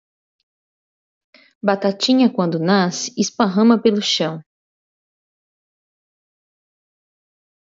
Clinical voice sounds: short text; Brazilian Portuguese; female; 40 to 49 years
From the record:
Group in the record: control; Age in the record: 40 years

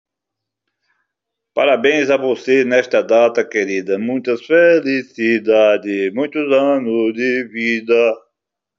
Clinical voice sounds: short text; Brazilian Portuguese; male; 70 to 79 years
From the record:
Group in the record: control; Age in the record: 73 years

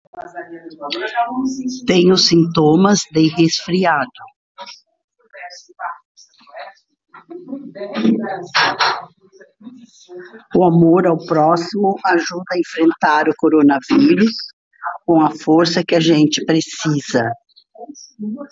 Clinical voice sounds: spoken sentence; Brazilian Portuguese; female; 60 to 69 years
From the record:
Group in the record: control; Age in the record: 68 years

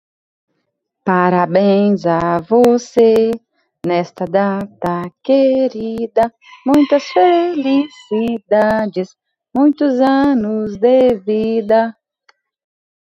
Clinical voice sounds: short text; Brazilian Portuguese; female; 30 to 39 years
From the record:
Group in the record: control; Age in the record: 37 years

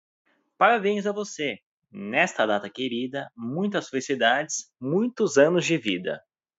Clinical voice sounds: short text; Brazilian Portuguese; male; 30 to 39 years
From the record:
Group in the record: control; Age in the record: 31 years

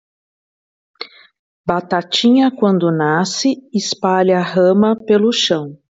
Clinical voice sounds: short text; Brazilian Portuguese; female; 40 to 49 years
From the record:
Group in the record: control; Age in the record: 49 years

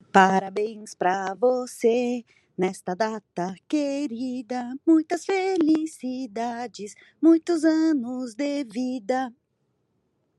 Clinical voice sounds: short text; Brazilian Portuguese; female; 40 to 49 years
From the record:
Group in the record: control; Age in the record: 44 years

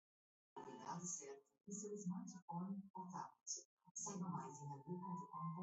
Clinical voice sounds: spoken sentence; Brazilian Portuguese; male; 70 to 79 years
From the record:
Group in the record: control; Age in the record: 71 years

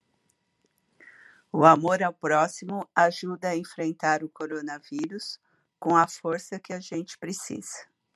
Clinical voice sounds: spoken sentence; Brazilian Portuguese; female; 60 to 69 years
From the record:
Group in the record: control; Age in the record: 62 years

